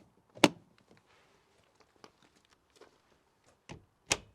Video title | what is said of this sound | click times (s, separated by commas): Globecar Summit prime 600 Handover Video | It should locate with a fairly solid click. | 0.4 s